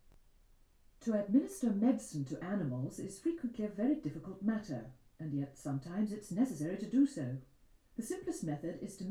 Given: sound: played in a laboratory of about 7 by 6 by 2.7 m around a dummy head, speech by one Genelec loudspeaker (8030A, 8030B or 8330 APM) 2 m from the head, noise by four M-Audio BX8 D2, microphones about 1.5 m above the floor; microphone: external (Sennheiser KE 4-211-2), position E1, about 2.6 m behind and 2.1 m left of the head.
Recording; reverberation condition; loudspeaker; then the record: female speech in English; low; 150 degrees to the left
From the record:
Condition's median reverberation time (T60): about 310 ms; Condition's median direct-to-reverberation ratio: about 3.5 dB